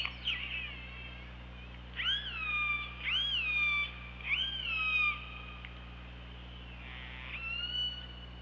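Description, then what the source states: Killer whale calls: several bright harmonic calls in quick succession, each sliding down and levelling off, then a softer call after a pause. OrcaLab hydrophone, 24 August 2017, 15:21.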